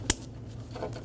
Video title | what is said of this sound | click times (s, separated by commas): How to Replace Dual Radiator & Condenser Fan Assembly 2000-2007 Ford Focus | install the connector push until you hear a click | 0.1 s